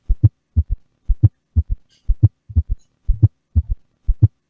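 Simulated low-pitched heartbeat, 60 a minute, with S3 and S4 gallop sounds around S1 and S2, so that all four heart sounds are heard together as a quadruple rhythm. This is the usual form at a normal rate, with S3 and S4 heard separately rather than merged into a summation gallop.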